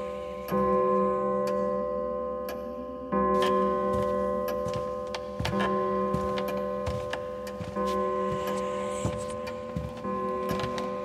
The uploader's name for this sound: Spooky Sounds For Halloween